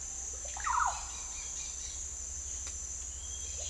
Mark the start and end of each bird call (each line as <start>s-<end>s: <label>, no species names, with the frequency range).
0.51s-0.92s: bird call (0.3-3.6 kHz)
3.18s-3.70s: bird call (0.6-4.4 kHz)